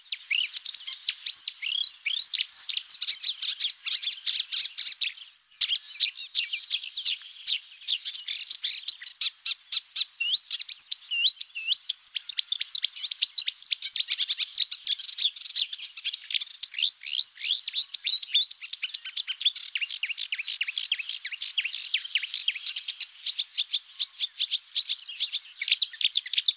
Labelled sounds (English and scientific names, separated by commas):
Marsh Warbler (Acrocephalus palustris) song